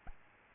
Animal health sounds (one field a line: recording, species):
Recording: mosquito wingbeat signal from an infrared sensor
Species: Aedes albopictus